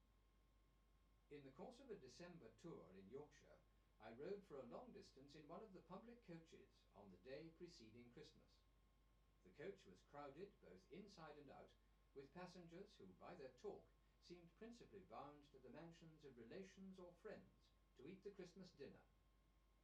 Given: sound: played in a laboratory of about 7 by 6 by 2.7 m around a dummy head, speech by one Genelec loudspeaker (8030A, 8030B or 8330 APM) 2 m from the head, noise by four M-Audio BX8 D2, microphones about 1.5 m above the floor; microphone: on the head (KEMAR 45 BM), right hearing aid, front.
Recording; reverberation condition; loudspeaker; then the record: male speech in English; low; 120 degrees to the left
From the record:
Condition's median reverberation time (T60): about 310 ms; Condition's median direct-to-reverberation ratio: about 3.5 dB